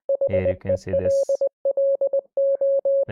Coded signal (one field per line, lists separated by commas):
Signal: Morse code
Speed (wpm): 20 wpm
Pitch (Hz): 550 Hz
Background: speech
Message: HELLO